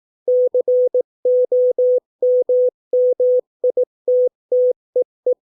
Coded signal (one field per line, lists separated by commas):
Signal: Morse code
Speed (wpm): 18 wpm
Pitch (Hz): 500 Hz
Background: none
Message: COMMITTEE